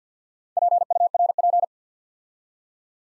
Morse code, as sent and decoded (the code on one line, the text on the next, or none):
.--. ..- .-. .--.
PURP